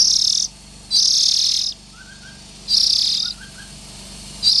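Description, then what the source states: Oriental magpie-robin: a few long hissing buzzes separated by pauses, with faint short chirps in the quiet stretches. Young birds.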